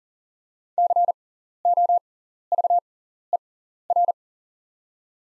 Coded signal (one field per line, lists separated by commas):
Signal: Morse code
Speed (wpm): 40 wpm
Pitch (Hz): 700 Hz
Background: none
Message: COVER